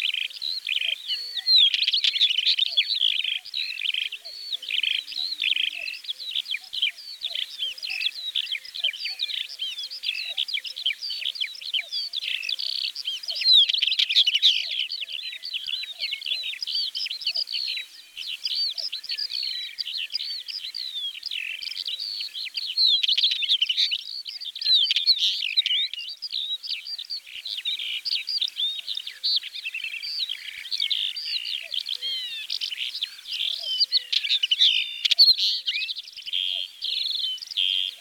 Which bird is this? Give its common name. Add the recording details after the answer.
Northern Wheatear. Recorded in the wild. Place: Neuenwalde / Cuxhaven, Baden-Württemberg, DE. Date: 1985-05-22. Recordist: Schwarz, Dieter